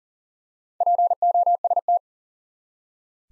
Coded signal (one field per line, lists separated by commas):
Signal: Morse code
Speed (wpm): 40 wpm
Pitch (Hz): 700 Hz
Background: none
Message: POST